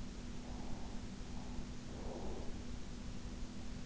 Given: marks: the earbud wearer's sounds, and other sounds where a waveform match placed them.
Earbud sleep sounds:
sounds in sleep by an in-ear microphone; breath
0.16-3.07 s: breath

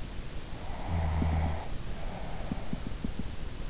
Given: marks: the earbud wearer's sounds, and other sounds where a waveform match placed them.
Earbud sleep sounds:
sounds in sleep by an in-ear microphone; snoring breath
0.62-3.01 s: snoring breath

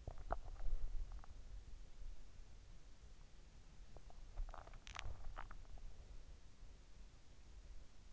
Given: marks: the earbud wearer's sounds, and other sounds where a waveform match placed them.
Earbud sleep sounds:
sounds in sleep by an in-ear microphone; body movement, teeth grinding
0.00-1.33 s: body movement
4.00-5.86 s: teeth grinding

